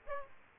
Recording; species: mosquito wingbeat signal from an infrared sensor; Aedes aegypti